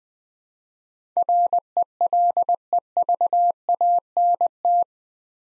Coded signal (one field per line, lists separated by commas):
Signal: Morse code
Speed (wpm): 20 wpm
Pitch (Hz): 700 Hz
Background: none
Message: RELEVANT